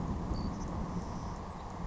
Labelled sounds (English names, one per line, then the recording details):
Savannah Sparrow
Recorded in Sonoma County, California